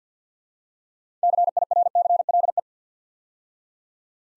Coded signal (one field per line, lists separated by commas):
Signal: Morse code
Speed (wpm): 48 wpm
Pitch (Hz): 700 Hz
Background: none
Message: CIRCLE